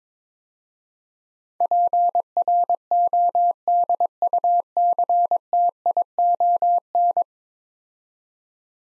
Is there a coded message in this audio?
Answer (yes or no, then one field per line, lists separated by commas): yes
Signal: Morse code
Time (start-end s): 1.6-7.2 s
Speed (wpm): 22 wpm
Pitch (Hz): 700 Hz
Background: none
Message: PRODUCTION